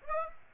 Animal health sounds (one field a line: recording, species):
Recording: mosquito wingbeat signal from an infrared sensor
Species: Aedes aegypti